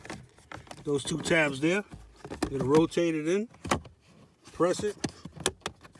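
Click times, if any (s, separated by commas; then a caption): 5.5 s, 5.7 s. On a 2011–2018 Jeep Grand Cherokee, a plastic cabin filter access cover is rotated in over its two tabs and pressed into the dash housing behind the glove box while someone talks. Short handling taps are followed by two sharp clicks at 5.5 s and 5.7 s as the cover latches and locks in place.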